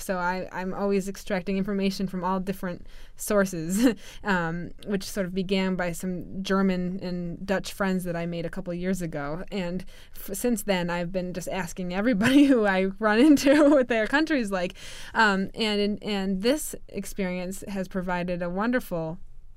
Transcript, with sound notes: So I'm, I'm always extracted information from all different sources, (she laughs) which sort of began by some German and Dutch friends that I made a couple years ago. And since then I've been just asking everybody who I run into (she laughs) what their country is like. And, and this experience has provided a wonderful